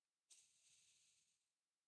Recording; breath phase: one breath near a microphone; exhalation